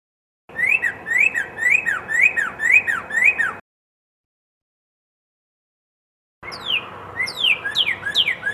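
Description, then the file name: Red-crested cardinal song with repeated slurred whistles, then a second bout of steeper, falling notes after a pause. Song variation 3. "suara kicauan burung red crested cardinal variasi 3 omkicau"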